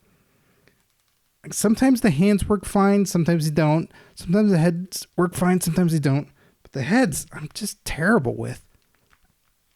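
Someone talks while working an interchangeable plastic head onto the neck peg of a NECA Back to the Future Ultimate Doc Brown action figure after struggling with it. A small sharp click is heard at 9.1 seconds as the head snaps into place on the neck joint, seated.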